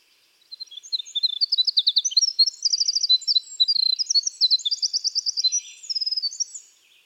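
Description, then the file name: Winter wren pouring out a sustained, extremely rapid series of high tinkling trills and twitters that runs for roughly six seconds. "Troglodytes hiemalis - Winter Wren"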